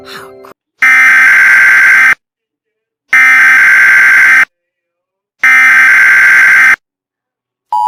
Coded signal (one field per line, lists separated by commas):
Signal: Emergency Alert System (SAME) tones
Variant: header bursts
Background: speech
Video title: Alaska Hurricane: An EAS Mock